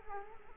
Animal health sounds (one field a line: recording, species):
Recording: mosquito wingbeat signal from an infrared sensor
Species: Culex quinquefasciatus